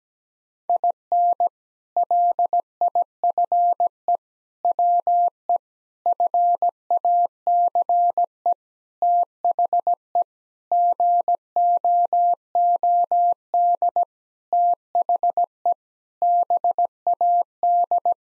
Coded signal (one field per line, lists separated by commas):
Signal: Morse code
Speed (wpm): 17 wpm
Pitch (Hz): 700 Hz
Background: none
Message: IN LIFE WE FACE THE GOOD THE BAD